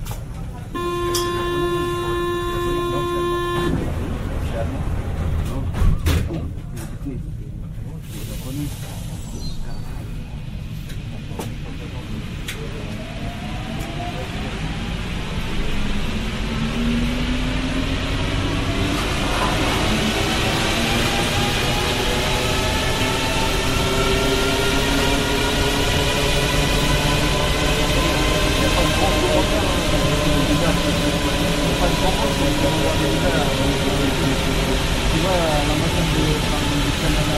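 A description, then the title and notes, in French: A Paris Métro train: a steady tone sounds for the first few seconds, then the train accelerates with a rising whine over constant rumbling. Métro parisien.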